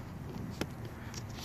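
A long narrow funnel is pushed into the transmission fill/dipstick tube of a 2004 Subaru Outback H6 3.0 and pops into place with a single short, sharp snap at 0.6 s. The funnel is seated. Steady low background noise runs throughout.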